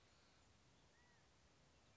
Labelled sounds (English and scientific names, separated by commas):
California Quail (Callipepla californica)